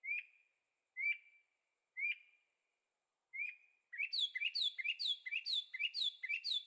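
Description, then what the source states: Birdsong opening with slurred whistled notes about once a second, then a rapid jumble of rising and falling chirps. Birds singing at night in Carefree, Arizona; recorded in stereo with a Zoom H6.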